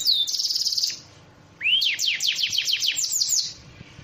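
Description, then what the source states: Bird giving a fast high trill, a short pause, then a rising slur followed by a quick series of repeated swept notes. Compilation ('masteran') of bird songs.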